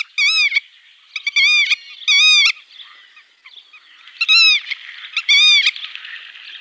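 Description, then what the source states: Black-tailed Godwit display calls, loud harmonic nasal notes repeated in short bursts with pauses, some notes rising then falling, faint softer calls between. Males' characteristic call during spectacular spring courtship flights: steep climb, rolling around the body's long axis, steep dive from great height.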